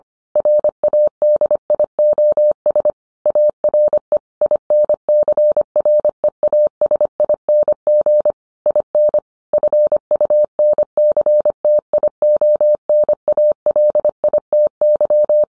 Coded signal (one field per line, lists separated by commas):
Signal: Morse code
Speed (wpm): 25 wpm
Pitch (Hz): 600 Hz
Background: none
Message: RADIOS ARE INCREASING IN FUNCTIONALITY